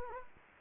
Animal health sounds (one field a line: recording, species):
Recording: mosquito wingbeat signal from an infrared sensor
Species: Anopheles gambiae